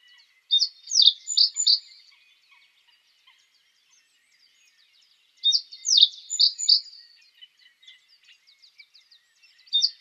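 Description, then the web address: Reed bunting singing short phrases of three or four high, slurred chirping notes, each phrase about a second and a half, repeated roughly every five seconds. "Schulze Peter Reed Bunting song"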